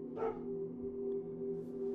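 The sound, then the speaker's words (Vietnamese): A single far-off dog bark at night, short and muffled, rises briefly over a steady low electrical hum, followed by quiet with no further barking. “Bầu trời bên ngoài tối đen như mực tàu, lâu lâu có một tiếng chó sủa vọng lại ở tuốt đằng xa.”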